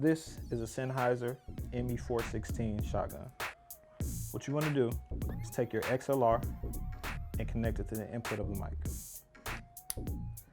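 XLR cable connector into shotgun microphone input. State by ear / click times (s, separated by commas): seated / 9.9 s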